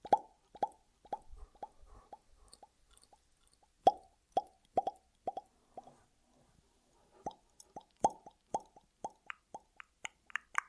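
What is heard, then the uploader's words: Wet mouth sounds in short, sharp plops, each with a quick echoing tail. They come in rapid runs of five or six, break off for a second near the middle, then return with brighter, higher pops toward the end. Between bursts there is near silence. ASMR Echoed Triggers. Mouth Sounds (No Talking).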